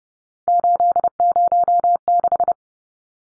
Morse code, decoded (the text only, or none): 806